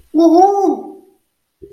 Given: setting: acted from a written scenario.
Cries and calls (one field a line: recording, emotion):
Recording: vocal sound without words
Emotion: ecstasy